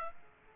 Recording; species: mosquito wingbeat signal from an infrared sensor; Aedes aegypti